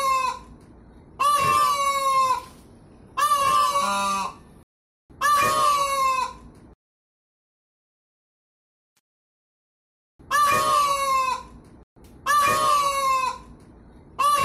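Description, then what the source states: Peafowl repeating loud, blaring nasal calls, three in a row, a long silence, then a few more. Female peafowl (peahen) calling.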